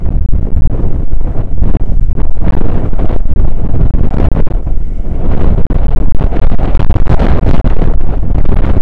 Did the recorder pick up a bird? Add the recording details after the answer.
no. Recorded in the Prudhoe Bay oil fields, Alaska, on 9 August 2019 at 00:02. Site 29